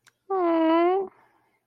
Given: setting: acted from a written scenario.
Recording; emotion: vocal sound without words; sympathy